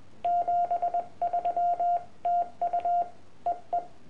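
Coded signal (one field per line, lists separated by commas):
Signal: Morse code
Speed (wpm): 21 wpm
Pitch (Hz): 700 Hz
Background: none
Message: 73 TU EE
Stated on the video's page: Homebrew iambic paddle made from paper clips, used for Summits on the Air activations.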